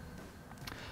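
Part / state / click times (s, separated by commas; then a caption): hinged top-fill cap into vape tank top / seated / 0.7 s. The hinged top-fill cap of a SMOK TFV12 Prince sub-ohm vape tank is swung closed onto the tank top and snaps into its lock with a short, sharp click at 0.7 s over a low background hum. The lid locks shut and is seated in place.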